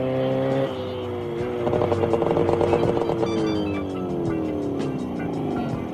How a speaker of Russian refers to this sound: Ури едет на мотоцикле.